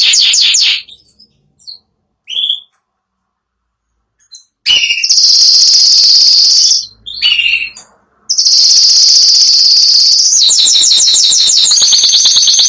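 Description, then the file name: Canary song with long buzzy high trills and rolling phrases, broken by short pauses. "canto do canario giboso espanhol"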